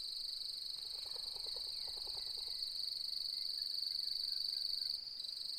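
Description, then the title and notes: Cricket song, a continuous high trill, with a brief series of lower chattering notes partway through. Nocturnal cricket song beginning at dusk as light fades and full moon rises, fluctuating; arid Mallee woodland, Mungo National Park, outback NSW, Australia; autumn, 4 May 2015. "As the light fades and the full moon rises.. the nocturnal cricket song begins and fluctuates. Autumnal Dusk At Mungo National Park, NSW, Australia. Recorded on the 4th of May, 2015 in the outback"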